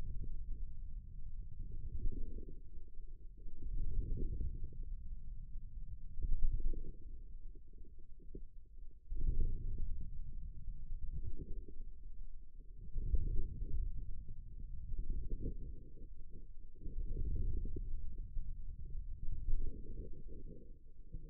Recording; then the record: forearm muscle sounds (acoustic myography)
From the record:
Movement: ulnar deviation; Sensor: system 2, bracelet of six BSWA MPA416 microphones around the upper forearm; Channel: 4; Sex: male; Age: 22 years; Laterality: right